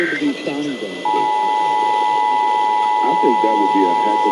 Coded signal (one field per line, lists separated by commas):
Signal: Emergency Alert System (SAME) tones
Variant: 853 and 960 Hz attention tone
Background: speech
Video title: 4am Los Angeles Required Monthly Tests (EAS #1159-#1175)